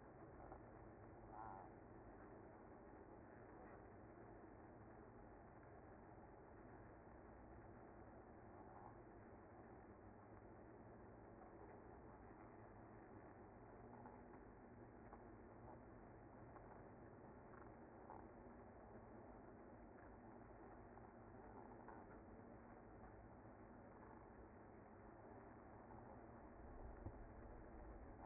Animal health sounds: honeybee colony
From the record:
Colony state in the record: active

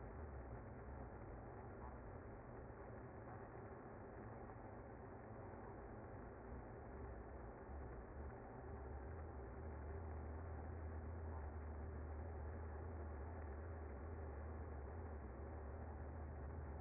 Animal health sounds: honeybee colony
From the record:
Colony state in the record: active

